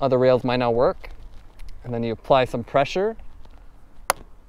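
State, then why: Seated. A plastic saddle rail mount for a Magicshine Seemee 200 smart bike taillight is placed between round bicycle saddle rails and pressed into place while someone talks. After the talking stops, a sharp click at 4.1 s marks the mount snapping in, and it is seated securely.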